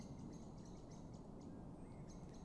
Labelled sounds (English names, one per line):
Common Blackbird